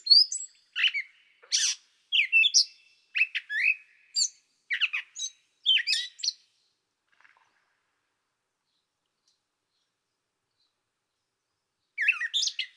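Gray catbird singing a rambling series of varied squeaky, harsh and slurred phrases for about six seconds, then a long silence before one more brief burst near the end.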